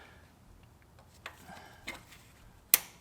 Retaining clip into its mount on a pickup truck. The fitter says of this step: Okay, that felt like it actually snapped into place, whereas before it didn't really do that.